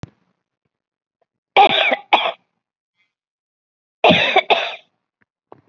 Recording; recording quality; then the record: heavy voluntary cough; excellent, no background noise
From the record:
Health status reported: COVID-19 positive, mild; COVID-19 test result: positive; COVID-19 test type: RT-PCR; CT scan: not taken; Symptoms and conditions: none ticked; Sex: female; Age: 74 years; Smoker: no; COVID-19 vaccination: both doses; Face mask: not worn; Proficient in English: no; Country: India